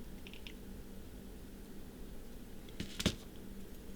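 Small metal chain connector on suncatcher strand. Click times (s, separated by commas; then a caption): 3.0 s. A small metal chain connector on a suncatcher strand is handled and pressed, with faint light ticks early on and a brief sound at 2.8 s before a sharp click at 3.0 s. Despite the click, the connector has not fully closed because it is hard to see well.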